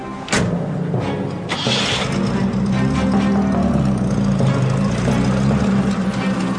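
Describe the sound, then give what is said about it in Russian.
A car engine rumbles steadily with a low, continuous drone, rising slightly as the car pulls away carrying a woman and a police officer to the police station, with a brief click near the start. “Она спокойно села в машину с оперативником и отправилась в отделение милиции.”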